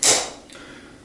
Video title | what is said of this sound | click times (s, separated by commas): How to change a bike tire | done that to snap that back they'll hear a little air come out that's normal | 0.0 s